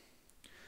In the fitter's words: tout simplement ça se clipe dessus et